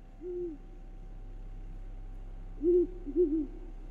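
owls hooting

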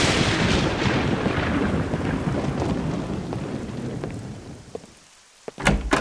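thunder and heavy rain

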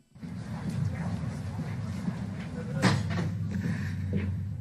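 door opening

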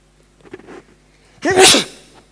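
sneeze

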